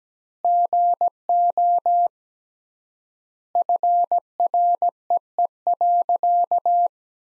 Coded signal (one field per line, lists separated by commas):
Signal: Morse code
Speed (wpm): 17 wpm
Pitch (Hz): 700 Hz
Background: none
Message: GO FREE.